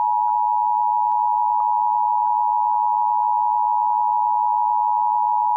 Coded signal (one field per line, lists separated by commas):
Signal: Emergency Alert System (SAME) tones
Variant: 853 and 960 Hz attention tone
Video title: National Periodic Test on WYFF (EAS #652)